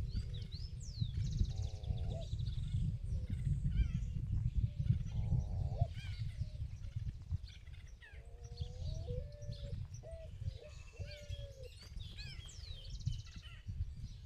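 Small birds in the countryside chirp and whistle repeatedly over a steady low rumble, with short tonal calls and trills throughout.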